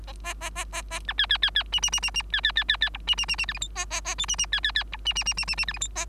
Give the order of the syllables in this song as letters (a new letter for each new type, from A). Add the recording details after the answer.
A A A A A B C C C C D D D D D C C C C C E D D D D F G H A A A I D D C C C E D D D D D D F G H A. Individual Bird3